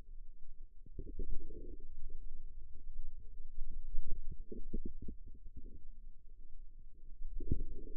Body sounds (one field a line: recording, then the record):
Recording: forearm muscle sounds (acoustic myography)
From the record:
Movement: radial deviation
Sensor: system 2, bracelet of six BSWA MPA416 microphones around the upper forearm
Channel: 2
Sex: female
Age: 23 years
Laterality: right